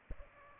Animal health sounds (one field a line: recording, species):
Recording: mosquito wingbeat signal from an infrared sensor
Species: Aedes albopictus